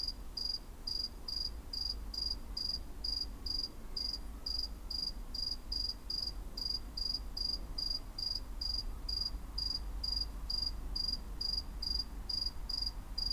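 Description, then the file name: Cricket giving a long steady series of high chirps, a little over two per second, with quiet low hum beneath. "CRICKET ON CATS CREEP"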